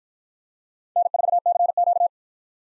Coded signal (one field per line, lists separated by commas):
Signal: Morse code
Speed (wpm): 53 wpm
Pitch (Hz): 700 Hz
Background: none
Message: N4CQ